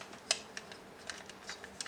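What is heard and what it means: During the final transformation step of a transforming toy car, its top plastic peg is pushed into its socket and the parts are combined. A series of sharp plastic snaps rings out over a quiet background, with the loudest snaps at 0.3 s and 1.8 s. The peg seats and everything ends up transformed in place.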